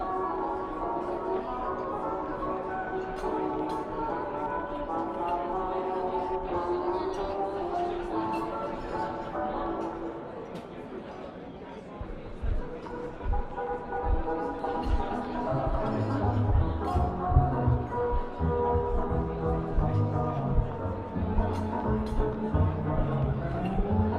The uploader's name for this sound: Oldie music playing in a coffee shop (light talking)